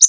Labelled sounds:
Connecticut Warbler (Oporornis agilis) flight call

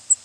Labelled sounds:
Cape May Warbler (Setophaga tigrina) flight call

